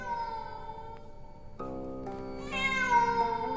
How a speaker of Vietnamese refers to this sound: Con mèo kêu lên vô cùng thê thiết.